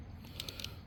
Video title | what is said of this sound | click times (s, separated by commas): TRM Atom TI Scales / Discussion - Man TRM is Legit! #threeriversmanufacturing #edc #20cv #folder | I think I just stripped out the rest of this bit | 0.4 s, 0.5 s, 0.6 s